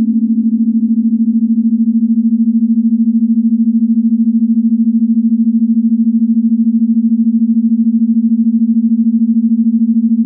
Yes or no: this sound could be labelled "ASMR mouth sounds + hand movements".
no